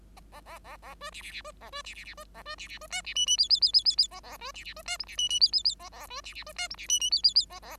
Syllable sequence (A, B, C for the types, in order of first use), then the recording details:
A A A A B C C C B A B C C C B A B C C B D C E E F F F F F F A A B C C B D G C E E F F F A A B C C B D G C E E F F F A A. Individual Bird5